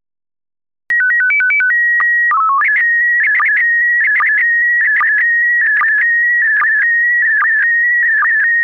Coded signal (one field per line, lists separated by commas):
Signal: SSTV (slow-scan television)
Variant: PD 160